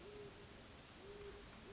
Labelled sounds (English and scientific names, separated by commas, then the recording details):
Great Horned Owl (Bubo virginianus)
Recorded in Sonoma County, California